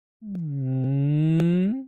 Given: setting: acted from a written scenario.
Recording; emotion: vocal sound without words; guilt